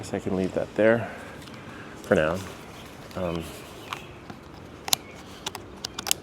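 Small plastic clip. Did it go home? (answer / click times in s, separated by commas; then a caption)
yes / 4.9 s, 6.1 s. A small action camera or drone accessory is clipped into its plastic quick-release mount. Someone talks at first, then several small taps and clicks follow, with sharp clicks at 4.9 and 6.1 seconds. The camera clicks into the mount and seats.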